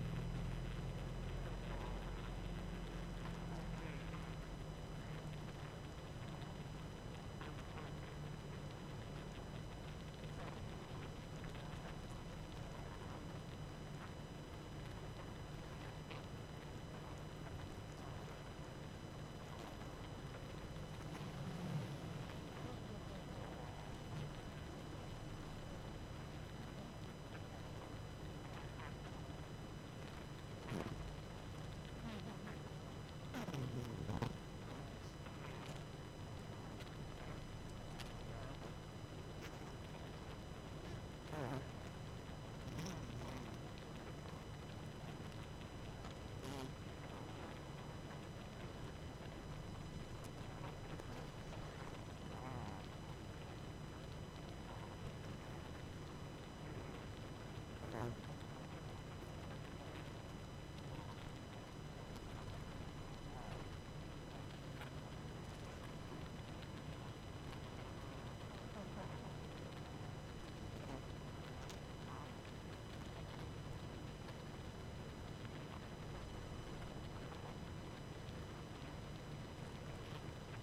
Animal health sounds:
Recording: honeybee colony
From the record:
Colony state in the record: active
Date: 12 June 2018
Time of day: 23:04

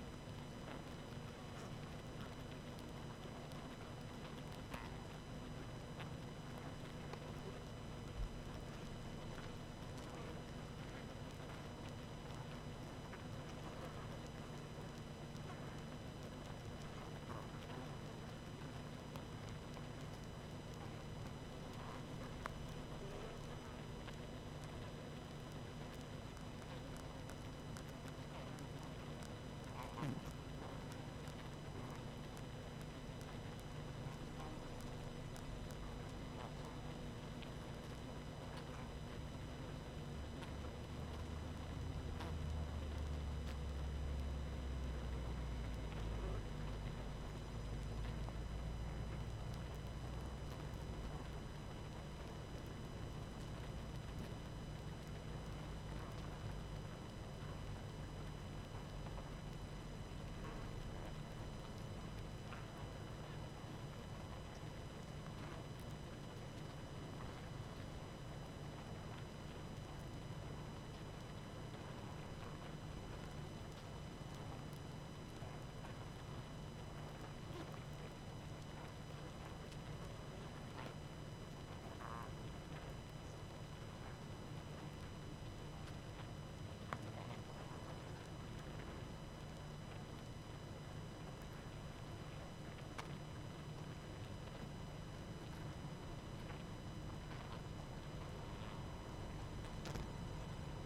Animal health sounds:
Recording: honeybee colony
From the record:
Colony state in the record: active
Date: 12 June 2018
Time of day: 20:25

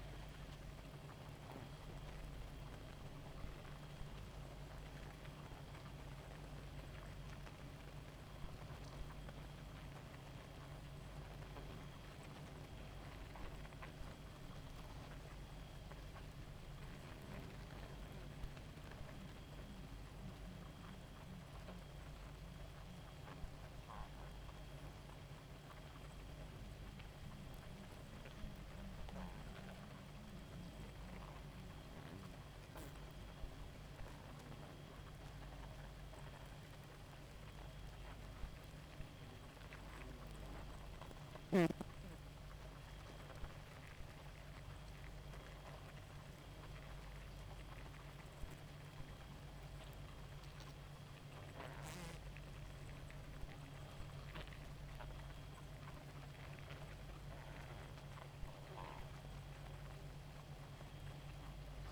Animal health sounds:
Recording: honeybee colony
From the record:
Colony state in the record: active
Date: 28 July 2017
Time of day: 0:45

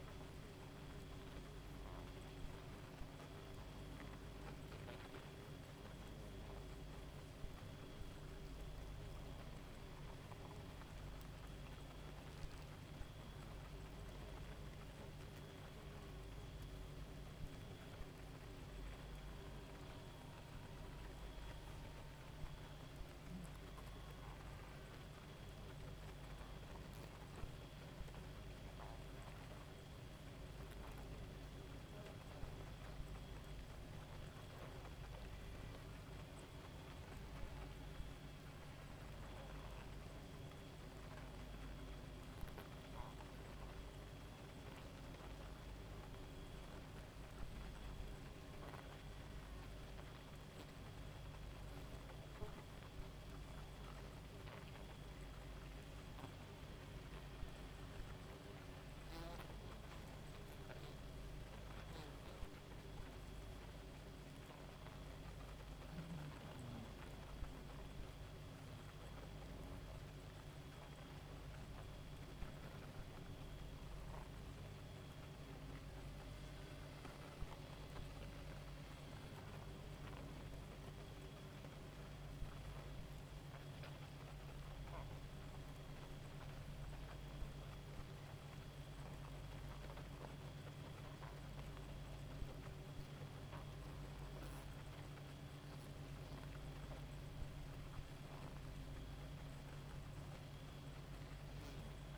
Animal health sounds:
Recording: honeybee colony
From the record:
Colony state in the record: active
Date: 28 July 2017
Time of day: 1:33

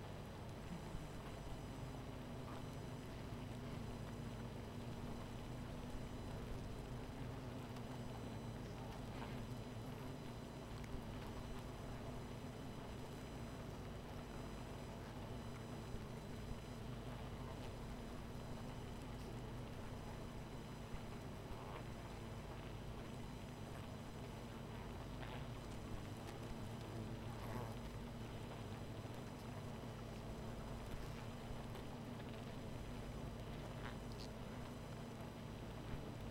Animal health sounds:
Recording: honeybee colony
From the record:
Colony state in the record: missing queen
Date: 14 July 2017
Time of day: 23:11

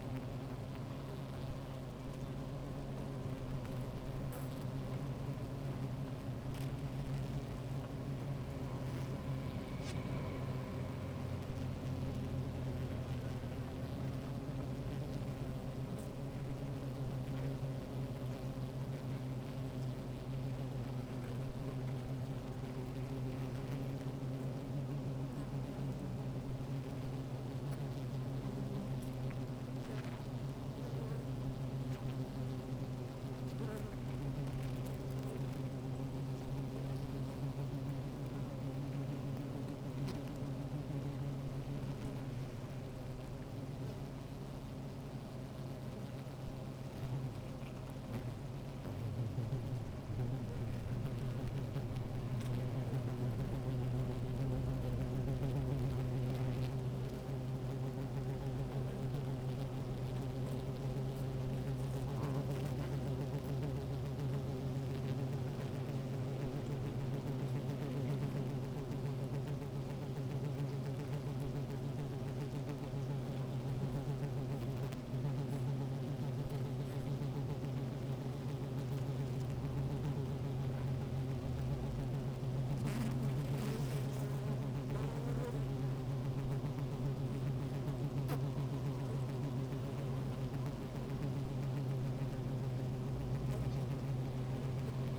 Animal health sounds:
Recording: honeybee colony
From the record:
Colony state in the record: active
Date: 28 July 2017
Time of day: 16:03

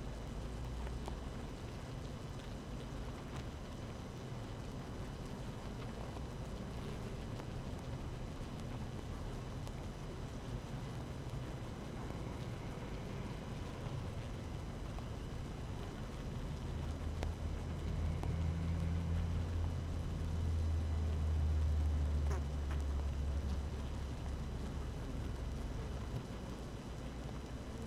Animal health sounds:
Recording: honeybee colony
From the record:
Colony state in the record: active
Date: 12 June 2018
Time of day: 7:05

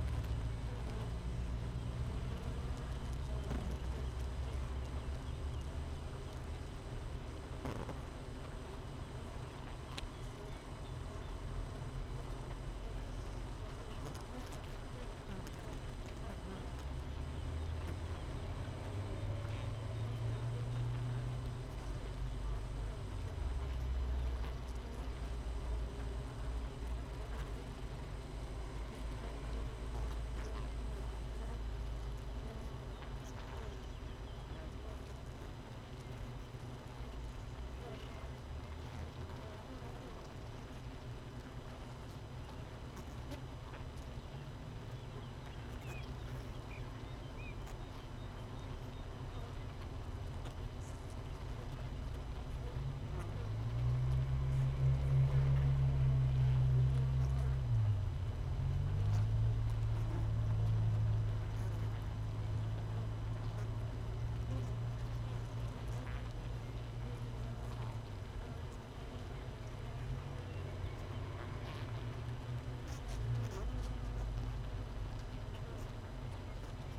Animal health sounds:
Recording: honeybee colony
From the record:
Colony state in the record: missing queen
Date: 31 May 2018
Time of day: 6:54

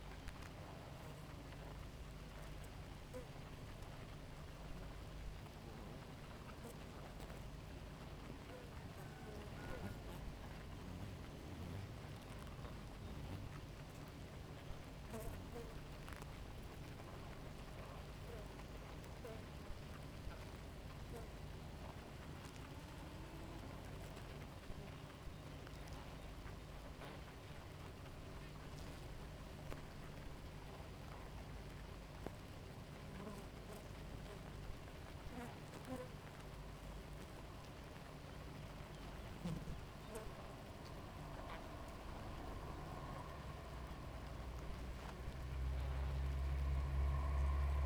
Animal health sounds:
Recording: honeybee colony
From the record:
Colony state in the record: active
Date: 28 July 2017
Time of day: 4:02

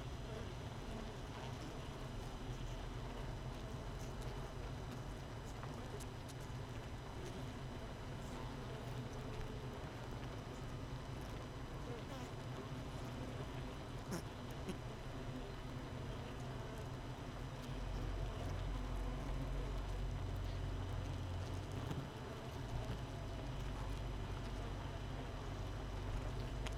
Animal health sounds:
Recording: honeybee colony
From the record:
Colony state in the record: missing queen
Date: 31 May 2018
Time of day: 7:12

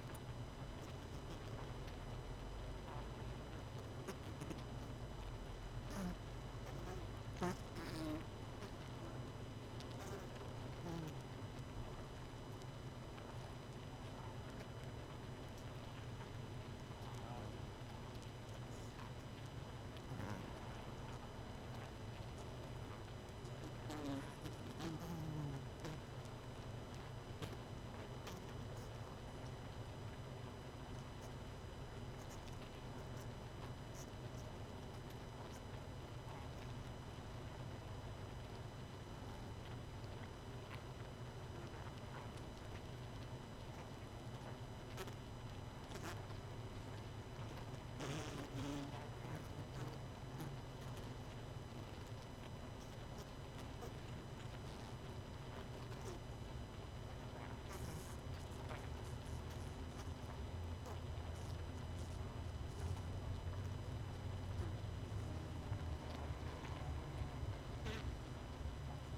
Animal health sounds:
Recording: honeybee colony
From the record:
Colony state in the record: missing queen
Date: 31 May 2018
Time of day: 20:10

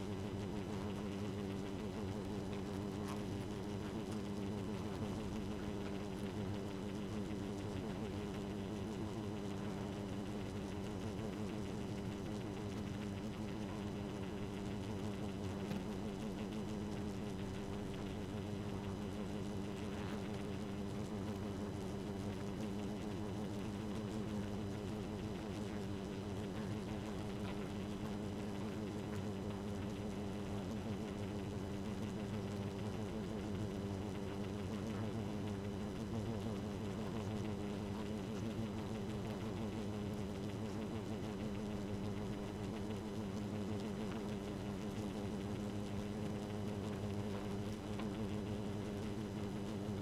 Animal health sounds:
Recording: honeybee colony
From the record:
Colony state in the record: active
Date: 12 June 2018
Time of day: 1:37

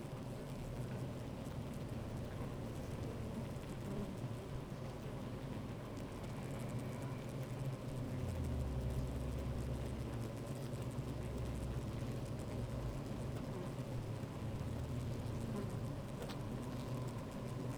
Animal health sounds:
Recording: honeybee colony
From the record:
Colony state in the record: active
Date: 28 July 2017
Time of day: 13:21

